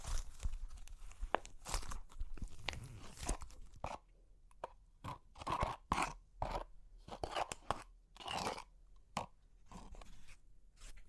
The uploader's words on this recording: Super Crunchy Clay Cracking (No Talking).